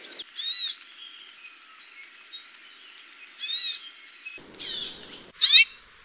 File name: Amakihi